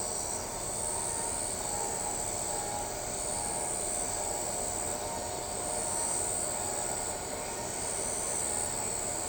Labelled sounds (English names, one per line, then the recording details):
none
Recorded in shrubland near Pivijay, Magdalena, Colombia, on 15 April 2023 at 22:00
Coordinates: 10.453, -74.365
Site P5-G022